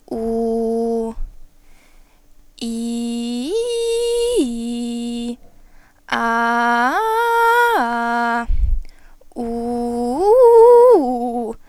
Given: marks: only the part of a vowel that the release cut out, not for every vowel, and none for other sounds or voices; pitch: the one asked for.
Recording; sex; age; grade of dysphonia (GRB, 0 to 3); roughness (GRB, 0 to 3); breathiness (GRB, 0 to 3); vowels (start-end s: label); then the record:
sustained vowels; female; 18 to 19 years; 0; 0; 0
0.32-0.90 s: vowel /u/, low pitch
2.98-4.95 s: vowel /i/, low-high-low pitch
6.28-8.26 s: vowel /a/, low-high-low pitch
9.49-11.43 s: vowel /u/, low-high-low pitch
From the record:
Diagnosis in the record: healthy voice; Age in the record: 19 years